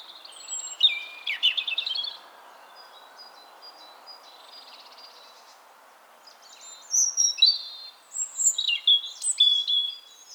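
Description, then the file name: European robin singing bright, high, tumbling phrases, a long quiet stretch, then a renewed run of thin whistles and trills. "Erithacus rubecula"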